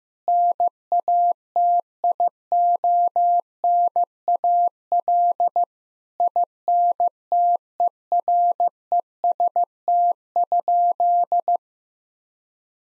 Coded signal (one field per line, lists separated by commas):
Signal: Morse code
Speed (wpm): 16 wpm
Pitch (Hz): 700 Hz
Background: none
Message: NATIONAL INTEREST?